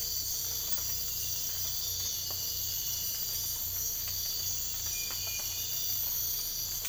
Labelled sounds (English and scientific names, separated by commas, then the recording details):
none
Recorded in dense forest near Puerto Asís, Putumayo, Colombia, on 22 December 2024 at 03:30
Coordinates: 0.484, -76.325
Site G056